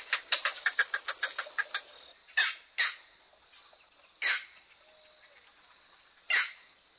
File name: Green Heron